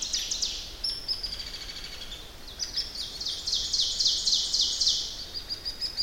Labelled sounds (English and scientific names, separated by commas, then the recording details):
Ovenbird (Seiurus aurocapilla) song
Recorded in boreal forest in Alberta, Canada, on 10 June 2016 at 08:56
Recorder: SongMeter 3, array SBT-3-39
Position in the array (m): 212 m, 176 m
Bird 17